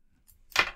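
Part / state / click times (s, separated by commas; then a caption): hub cap into model wheel / seated / 0.6 s. A small plastic hub cap is pushed into the hole of a plastic wheel on the elevator car of a DeAgostini Build Your Own Thunderbird 2 model. A faint tick at 0.3 s is followed by a sharp, bright click at 0.6 s as the hub cap seats in the wheel.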